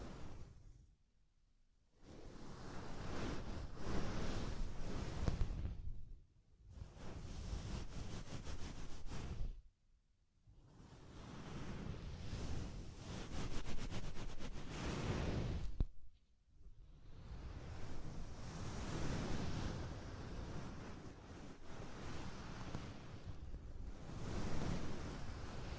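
Soft, fluffy triggers rub and brush in long, dense whooshing passes that fill everything from deep rumble to bright hiss. Each pass swells and fades like surf, broken by brief near-silent pauses around 2, 6, 10, 16 and 23 seconds.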